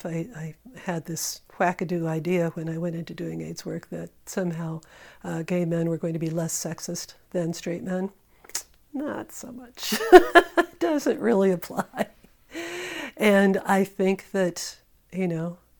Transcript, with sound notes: I had this whack-a-doo idea when I went into doing AIDS work that somehow gay men were going to be less sexist than straight men. Not so much. [laughter] Doesn't really apply. And I think that, you know,